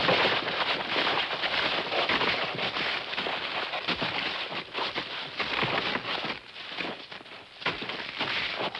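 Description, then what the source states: Horse footfalls crunching and swishing through snow or brush in uneven steps. Horses moving through snow or brush.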